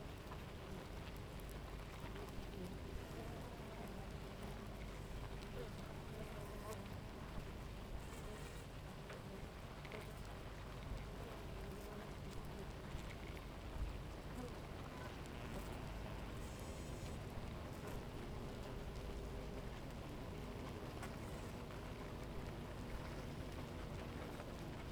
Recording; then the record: honeybee colony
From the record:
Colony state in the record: active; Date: 28 July 2017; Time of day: 7:38